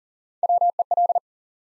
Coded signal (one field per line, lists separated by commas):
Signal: Morse code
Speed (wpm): 38 wpm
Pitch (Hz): 700 Hz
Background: none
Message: WEL